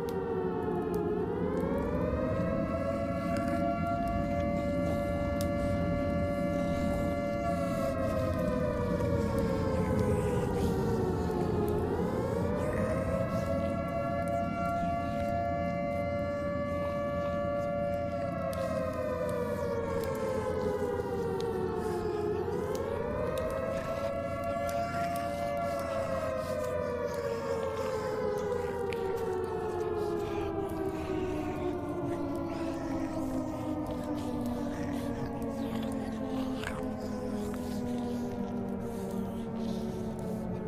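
An air raid siren wails in long rising and falling cycles, climbing sharply around 12 and 22 seconds, holding high, then sliding slowly downward toward the end. A constant low rumble sits underneath, keeping the overall loudness steady throughout.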